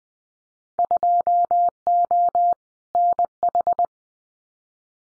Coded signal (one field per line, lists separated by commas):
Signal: Morse code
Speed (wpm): 20 wpm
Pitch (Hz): 700 Hz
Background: none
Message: 2O NH